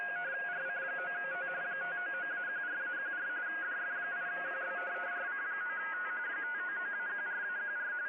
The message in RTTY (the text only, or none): RC9T 599-14-14 DF8QBRC9T 599-14-14